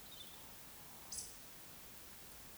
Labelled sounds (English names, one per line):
Eurasian Woodcock whistle